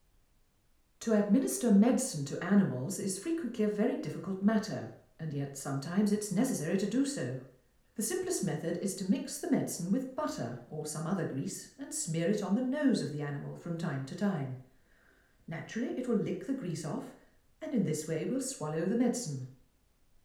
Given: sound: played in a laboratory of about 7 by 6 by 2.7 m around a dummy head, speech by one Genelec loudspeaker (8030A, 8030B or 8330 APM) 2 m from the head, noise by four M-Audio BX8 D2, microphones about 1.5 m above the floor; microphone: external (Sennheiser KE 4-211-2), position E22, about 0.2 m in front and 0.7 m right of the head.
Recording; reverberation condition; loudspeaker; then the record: female speech in English; medium; in front (0 degrees)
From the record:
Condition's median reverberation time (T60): about 510 ms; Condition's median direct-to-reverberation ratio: about -0.5 dB